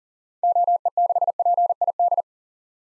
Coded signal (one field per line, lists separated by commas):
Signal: Morse code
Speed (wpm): 40 wpm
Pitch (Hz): 700 Hz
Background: none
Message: OE6PID